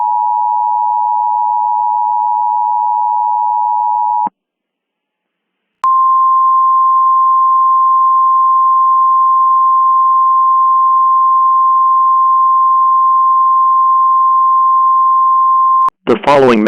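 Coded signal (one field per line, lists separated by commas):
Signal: Emergency Alert System (SAME) tones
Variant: 853 and 960 Hz attention tone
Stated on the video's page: Simulated mock EAS scenario with random content, not a real alert.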